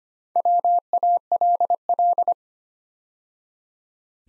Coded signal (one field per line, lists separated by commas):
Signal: Morse code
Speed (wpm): 25 wpm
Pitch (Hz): 700 Hz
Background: none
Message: WALL